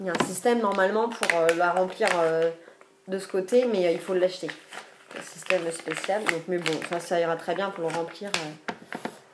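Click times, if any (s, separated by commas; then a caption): 8.9 s, 9.1 s. Someone talks, then the fold-over bottom closure of a refillable plastic food pouch for compotes and yogurts is pressed shut after filling. Two short sharp clicks at 8.9 s and 9.1 s mark the closure clipping shut so the pouch won't leak.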